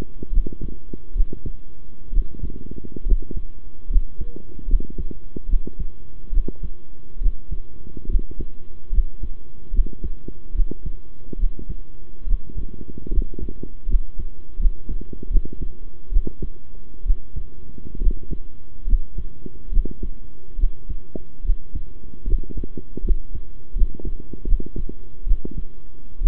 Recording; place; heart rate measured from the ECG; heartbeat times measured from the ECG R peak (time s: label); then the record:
heart sounds by stethoscope; between the tricuspid and mitral areas; 72 bpm
0.32 s: heartbeat
1.15 s: heartbeat
2.12 s: heartbeat
3.05 s: heartbeat
3.89 s: heartbeat
4.67 s: heartbeat
5.48 s: heartbeat
6.32 s: heartbeat
7.20 s: heartbeat
8.08 s: heartbeat
8.92 s: heartbeat
9.72 s: heartbeat
10.54 s: heartbeat
11.38 s: heartbeat
12.26 s: heartbeat
13.11 s: heartbeat
13.87 s: heartbeat
14.59 s: heartbeat
15.29 s: heartbeat
16.11 s: heartbeat
17.05 s: heartbeat
18.00 s: heartbeat
18.86 s: heartbeat
19.71 s: heartbeat
20.58 s: heartbeat
21.44 s: heartbeat
22.26 s: heartbeat
23.03 s: heartbeat
23.75 s: heartbeat
24.46 s: heartbeat
25.26 s: heartbeat
26.20 s: heartbeat
From the record:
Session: rest, sitting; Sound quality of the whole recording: good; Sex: male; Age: 23 years